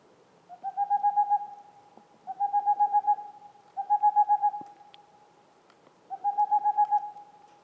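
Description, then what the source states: Boreal owl song: four trills of quick hoots on a steady note, each phrase about a second long, with pauses between. Singing male near a Black Woodpecker nest hole, in the mountains near the Mediterranean, 2 April 2019, 20:15; homemade parabolic dish, two omni microphones, MixPre-3 recorder.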